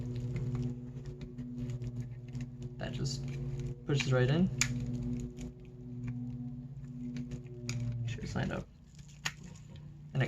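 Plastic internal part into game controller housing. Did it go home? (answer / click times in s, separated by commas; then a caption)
yes / 9.3 s. A plastic internal part of an N64 game controller is lined up and pushed into the controller housing during reassembly while someone talks. A sharp click at 9.3 seconds confirms the part has seated in place.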